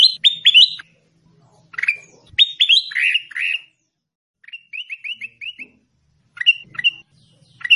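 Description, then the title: Sooty-headed bulbul calling in short bursts of sharp, downslurred chirps, then a quick even string of five bright notes, with silent gaps between phrases. "Suara Burung Kutilang"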